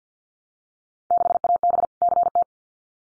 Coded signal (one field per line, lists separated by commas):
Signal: Morse code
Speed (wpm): 50 wpm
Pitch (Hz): 700 Hz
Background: none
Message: 6AB CT